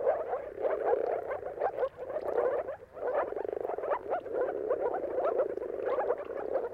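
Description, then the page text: Moor frogs in a dense mating chorus, many soft bubbling, gulping notes overlapping continuously with a brief dip in volume near the third second. Chorus of many moor frogs giving mating calls at sunrise, at the turn of March and April, timing depending on the weather. "earth-fm Jakub-Orzecki. Depending on the weather at the turn of March and April, you can witness an amazing spectacle of moor frogs"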